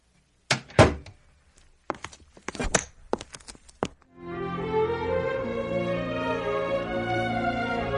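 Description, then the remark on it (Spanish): A door is handled and shut: a sharp thump, several quick clicks and knocks, then a heavier bang, after which a steady, sustained tonal sound takes over. “Abre esa puerta, por favor.”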